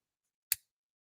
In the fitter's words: oh yeah yeah you can hear it yeah hear it click so